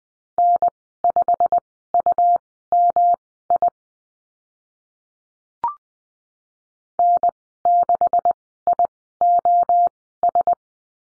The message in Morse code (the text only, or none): N5UMI N6IOS